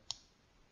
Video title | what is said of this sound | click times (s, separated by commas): Leatherman Wave Review: The Ultimate Multi-tool for Everyday Carry | did you hear that click | 0.1 s